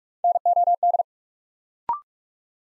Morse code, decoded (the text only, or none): NOD